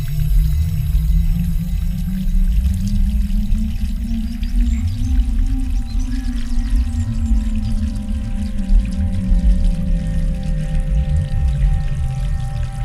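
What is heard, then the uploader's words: A 6 Hz binaural ambient soundtrack: a deep, steady low drone that swells and rises midway, with faint ringing tones and a soft watery hiss above. 6.0hz binaural ambient soundtrack.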